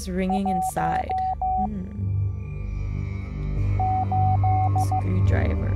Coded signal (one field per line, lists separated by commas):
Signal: Morse code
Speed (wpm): 15 wpm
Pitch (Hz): 750 Hz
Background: speech, music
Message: 1 8